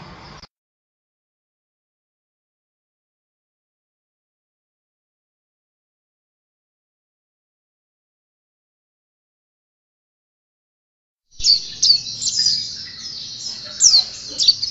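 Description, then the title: White-eye song: after a long silence, a rapid burst of high, thin twittering and trilled chirps fills the last few seconds. Contest bird billed as national first-place champion; song described as gacor (constantly singing), teler and ropel (rapid), with isian kenari (canary phrases learned into the song); video from 2015. "Pleci Juara 1 Nasional pleci Gacor juara nasional teler gacor ropel pleci isian kenari Video 2015"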